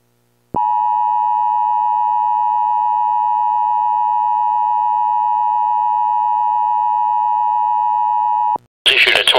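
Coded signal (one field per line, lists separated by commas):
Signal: Emergency Alert System (SAME) tones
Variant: 853 and 960 Hz attention tone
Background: speech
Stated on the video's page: Fake EAS broadcast recreated from a real tornado warning.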